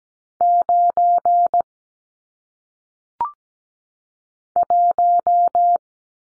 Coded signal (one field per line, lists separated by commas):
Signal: Morse code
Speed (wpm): 17 wpm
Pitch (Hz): 700 Hz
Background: none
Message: 9 1